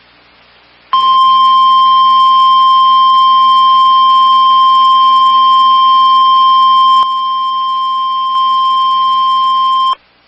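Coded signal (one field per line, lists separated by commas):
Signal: Emergency Alert System (SAME) tones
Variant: 1050 Hz attention tone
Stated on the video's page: Captures of several EAS alerts recorded over a break period.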